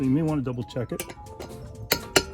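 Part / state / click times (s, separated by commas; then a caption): torque wrench on wheel lug nut / torque reached / 2.2 s. Someone talks while double-checking a wheel lug nut with a torque wrench, and a sharp metallic click sounds at 2.2 seconds. A similar sharp click comes just before it, around 1.9 seconds. The torque wrench clicks on the lug nut, confirming it is tightened to torque.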